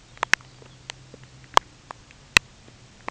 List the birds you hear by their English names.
Lapland Longspur